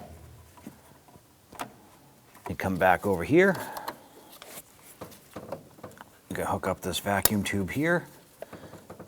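Someone talks while handling a vacuum hose on a 2005-2007 Ford Five Hundred during ignition coil replacement, with small taps and clicks of handling heard between the words. The hose is brought toward its intake port, but nothing has seated or clicked yet.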